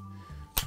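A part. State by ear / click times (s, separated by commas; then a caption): seated / 0.6 s. A Triad Orbit mini boom arm is fitted into a mic stand's quick-release coupler. Over a low background hum, a sharp click sounds at 0.6 s as the arm snaps into place. The coupler seats securely.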